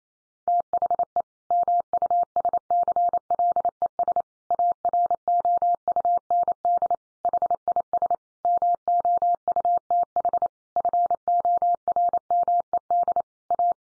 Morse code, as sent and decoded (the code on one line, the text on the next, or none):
- .... . / -- ..- ... -.-. .-.. . ... / .- .-. --- ..- -. -.. / .... .. ... / -- --- ..- - .... / ..-. --- .-. -- . -.. / .-
THE MUSCLES AROUND HIS MOUTH FORMED A